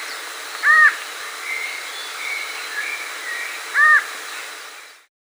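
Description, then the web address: Variable antshrike calls: single short, arched nasal notes about three seconds apart, over soft background whistles and steady hiss. Andes, South America. "Natures Songs S America Andean Birds. Variable Antshrike (Thamnophilus Caerulescens)"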